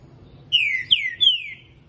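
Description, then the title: Green-winged saltator singing a quick phrase of three clear whistled notes, each sliding downward, evenly spaced within about one second. Singing a lot in the morning. "Canto De Trinca Ferro. Trinca ferro Rex cantando muito pela manhã"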